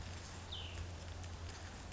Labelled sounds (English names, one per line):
Cassin's Vireo